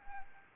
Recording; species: mosquito wingbeat signal from an infrared sensor; Anopheles arabiensis